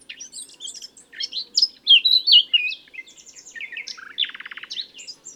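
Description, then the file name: Common nightingale song, a lively stream of varied whistles and chirps ending with a fast buzzy rattle and a few further sweet notes. "Luscinia megarhynchos"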